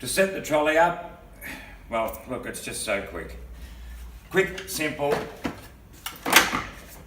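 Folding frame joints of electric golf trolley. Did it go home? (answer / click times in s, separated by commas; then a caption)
yes / 6.1 s, 6.5 s. Someone talks while a folding electric golf trolley, the 2018 Go Kart model, is unfolded. Its frame joints lock into the open position with sharp clicks at 6.1 s and 6.6 s, and the frame is seated open.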